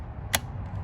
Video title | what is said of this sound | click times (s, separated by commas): 2021 F-150 5.0 J&L Oil Separator review & Install. | it clicks in place. | 0.4 s